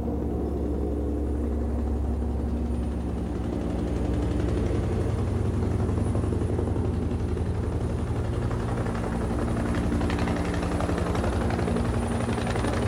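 A helicopter flying over hilly terrain, its rotor thumping steadily over a low engine drone, growing louder and fuller as it approaches and passes overhead, with no voices present.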